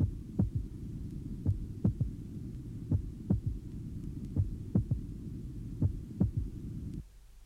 Physiological third heart sound. It is taken at the apex. Only A2 is audible, and thus the second sound appears single at this site.